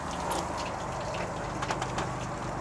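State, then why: Seated. A slightly oil-dirty cable connector under a 2022 Keystone Cougar 29RKS fifth wheel is pushed into its socket and snaps in with a sharp click at 0.3 s, seating fully. Another brief sharp sound follows at 1.8 s over steady background noise.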